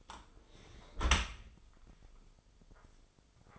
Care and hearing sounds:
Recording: daily activity, microphone in the room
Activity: close dishwasher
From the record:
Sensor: 5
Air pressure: 996.0 hPa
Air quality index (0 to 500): 102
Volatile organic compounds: 7 ppm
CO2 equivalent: 1960 ppm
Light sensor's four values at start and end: 40/95/39/42 and 39/94/39/41

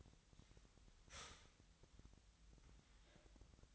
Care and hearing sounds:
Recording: daily activity, microphone in the room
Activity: start toaster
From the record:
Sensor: 3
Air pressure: 1001.9 hPa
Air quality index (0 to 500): 245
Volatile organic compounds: 49 ppm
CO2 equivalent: 3279 ppm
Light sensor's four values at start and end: 13/40/17/15 and 13/40/17/15

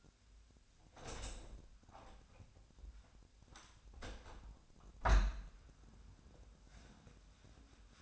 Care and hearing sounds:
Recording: daily activity, microphone in the room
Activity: open window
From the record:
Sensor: 2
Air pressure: 1006.4 hPa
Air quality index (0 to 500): 200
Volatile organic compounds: 14 ppm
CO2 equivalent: 2444 ppm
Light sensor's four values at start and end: 9/21/8/9 and 9/21/9/9

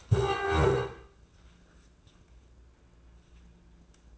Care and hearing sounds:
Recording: daily activity, microphone in the room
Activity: stand up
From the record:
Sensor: 2

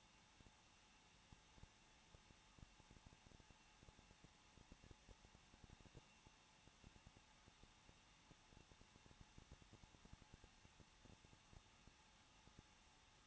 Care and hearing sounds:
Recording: daily activity, microphone in the room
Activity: no activity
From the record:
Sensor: 1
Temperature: 20.1 degrees Celsius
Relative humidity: 39.1%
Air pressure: 1006.4 hPa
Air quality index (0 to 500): 216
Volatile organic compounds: 73 ppm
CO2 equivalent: 3544 ppm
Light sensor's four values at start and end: 1/2/1/1 and 1/2/1/1

